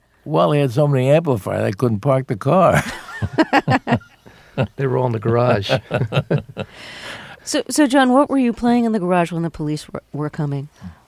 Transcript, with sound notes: Well, he had so many amplifiers I couldn't park the car.
(LAUGHTER)
They were all in the garage.
(LAUGHTER)
So, John, what were you playing in the garage when the police were coming?